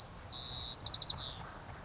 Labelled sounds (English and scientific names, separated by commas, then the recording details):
White-crowned Sparrow (Zonotrichia leucophrys)
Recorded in Sonoma County, California